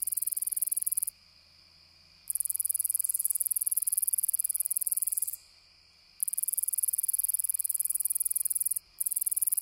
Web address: The Songs of Insects Rattler Round-winged Katydid